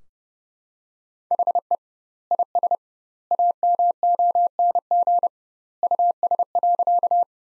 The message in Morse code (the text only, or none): HE IS AMONG US.